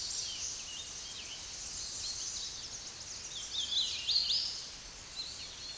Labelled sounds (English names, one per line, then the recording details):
Hooded Warbler song
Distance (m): 45 m
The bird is about 10 m above the microphone
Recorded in a Pennsylvania forest on 16 May 2024 at 06:14
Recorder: AudioMoth, point MSD-1293
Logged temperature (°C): 12.0 °C
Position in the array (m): 11 m, 153 m